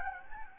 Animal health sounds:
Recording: mosquito wingbeat signal from an infrared sensor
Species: Anopheles gambiae

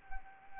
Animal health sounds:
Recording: mosquito wingbeat signal from an infrared sensor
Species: Anopheles arabiensis

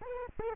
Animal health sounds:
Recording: mosquito wingbeat signal from an infrared sensor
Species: Aedes aegypti

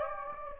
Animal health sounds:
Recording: mosquito wingbeat signal from an infrared sensor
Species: Anopheles gambiae

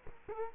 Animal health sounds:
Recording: mosquito wingbeat signal from an infrared sensor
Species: Culex quinquefasciatus

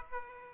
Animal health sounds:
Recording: mosquito wingbeat signal from an infrared sensor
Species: Aedes aegypti

